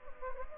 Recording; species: mosquito wingbeat signal from an infrared sensor; Anopheles gambiae